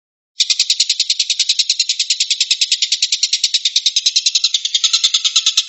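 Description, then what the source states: Stork-billed kingfisher bursting into a rapid, buzzy rattle after a moment of quiet, the pulses racing on evenly to the end. Tembakan, a rapid "shooting" call style.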